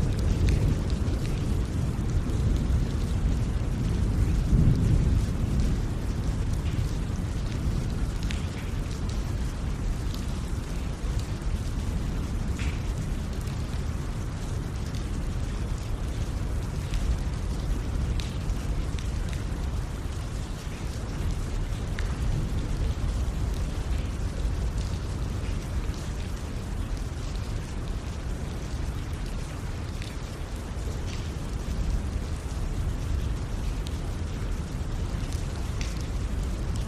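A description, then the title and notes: Rain falls in a steady, dense roar with a deep rumbling low end that stays even throughout. Countless fine ticks and patters of drops sprinkle across the top, with a slight swell in the rumble around five seconds before it settles back. Rain Meditation: Embrace Serenity with 4 Hours of Rain Sounds.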